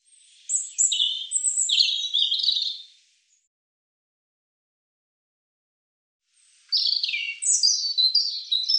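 European robin song: two phrases of thin, high, rapid warbling and trills, separated by several seconds of silence; no other sounds.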